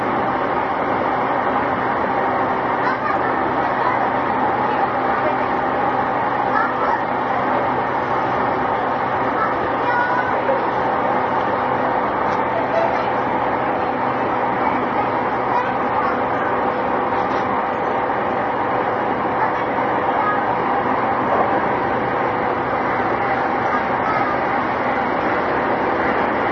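A ride aboard a JR E233 series train running toward Odawara, with a steady, dense rumble and rushing noise that hardly changes over the whole stretch. A faint whining tone holds underneath, and murmuring voices blend into the continuous din.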